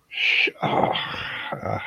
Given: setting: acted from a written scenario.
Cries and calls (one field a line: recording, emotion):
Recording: vocal sound without words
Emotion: guilt